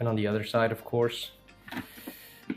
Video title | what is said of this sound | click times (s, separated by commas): How to remove full face helmet visor of Noblemantech TK 02 or most full face helmets | then push it in hear a clicking sound | 1.5 s, 2.5 s